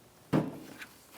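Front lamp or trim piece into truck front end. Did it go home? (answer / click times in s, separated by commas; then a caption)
no / none. A plastic front lamp or trim piece is handled and pushed toward its place in the front end of a 1988–1999 GMC K1500 truck during AC condenser replacement. A dull, low thump lands at about 0.3 s and fades, followed by a faint, brief higher tick near 0.8 s. The part's clips have not seated or clicked yet.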